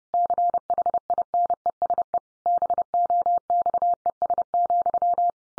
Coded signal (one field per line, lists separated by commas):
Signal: Morse code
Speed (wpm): 30 wpm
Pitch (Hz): 700 Hz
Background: none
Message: CHINESE BOXES,